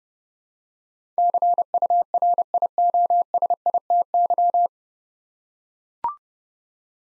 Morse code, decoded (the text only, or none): CURIOSITY